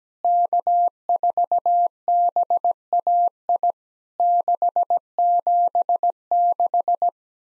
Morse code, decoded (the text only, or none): K4BAI 676